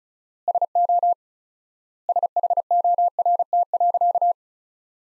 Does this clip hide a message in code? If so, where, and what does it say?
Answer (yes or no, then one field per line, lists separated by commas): yes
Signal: Morse code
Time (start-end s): 0.5-4.3 s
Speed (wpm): 36 wpm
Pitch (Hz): 700 Hz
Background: none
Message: SO SHORT.